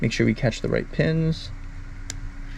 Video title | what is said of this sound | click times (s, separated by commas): EDF RC Jetcar - Thrust Arrow TiME-LAPSE & Rebuild! | yep it's just going to click right in right there | 2.1 s